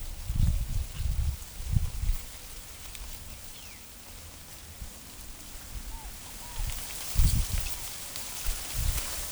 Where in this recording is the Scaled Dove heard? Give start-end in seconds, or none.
5.86-6.63